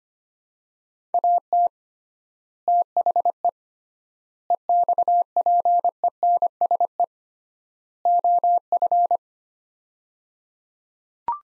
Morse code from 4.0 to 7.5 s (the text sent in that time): EXPENSE